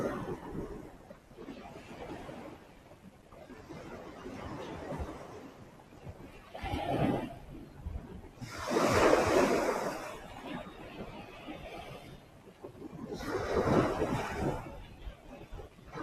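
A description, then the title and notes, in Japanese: Ocean waves wash in and out in slow surges, with the loudest swells cresting around the sixth, ninth and fourteenth seconds. Between them a softer, low rumbling wash continues, and the hiss of breaking water brightens at each peak. 海岸で少し瞑想をしました。波の音。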